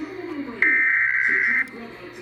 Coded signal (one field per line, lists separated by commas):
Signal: Emergency Alert System (SAME) tones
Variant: header bursts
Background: speech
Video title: EAS #164 Severe Thunderstorm Warning